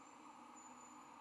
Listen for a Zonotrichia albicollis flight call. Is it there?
no